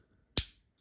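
The blade of a carbon-fibre backlock folding knife is flicked open, and the lock bar snaps into the blade tang with one sharp, bright click at 0.4 s that quickly decays into near silence. The backlock is fully engaged, and the blade is locked open.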